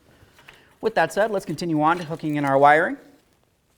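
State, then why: Not seated. Someone talks while handling the wiring harness connector for the new fog light on a 2007-17 Jeep Compass, about to plug it into the back of the fog light socket. A faint tap is heard near 0.5 s, and the speech runs from about 0.8 s to 3.0 s. Nothing has seated or clicked yet.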